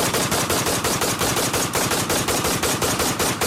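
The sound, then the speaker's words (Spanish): A loud, sustained burst of machine gun fire, rapid shots cracking in a steady rhythm for several seconds with no voices, killing a man with 118 bullets. “Hasta que lo mataron con 118 balazos.”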